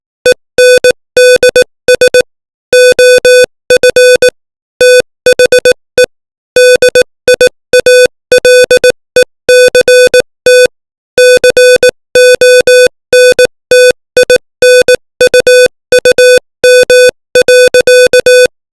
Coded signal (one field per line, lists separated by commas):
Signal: Morse code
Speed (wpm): 18 wpm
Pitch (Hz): 500 Hz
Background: music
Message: ENDS OF THE DIALECT CONTINUUM.